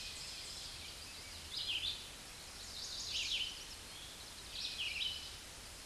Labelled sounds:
Red-eyed Vireo (Vireo olivaceus) song

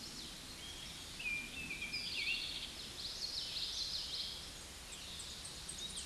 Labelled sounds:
Common Yellowthroat (Geothlypis trichas) song

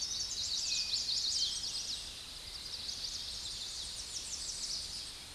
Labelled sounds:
American Redstart (Setophaga ruticilla) song

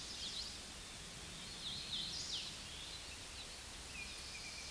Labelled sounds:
Hooded Warbler (Setophaga citrina) song

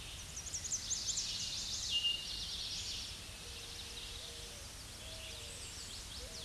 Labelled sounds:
Eastern Towhee (Pipilo erythrophthalmus) song

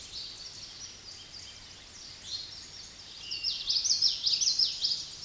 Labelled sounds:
Common Yellowthroat (Geothlypis trichas) song

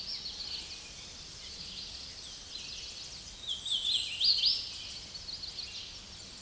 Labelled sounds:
Hooded Warbler (Setophaga citrina) song

